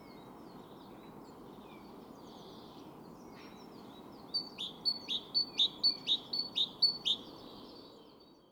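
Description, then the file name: Great tit song: after a few seconds of faint twitters, a run of loud, ringing two-note phrases repeated quickly and evenly. "Parus major"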